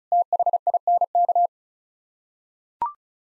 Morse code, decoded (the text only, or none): THINK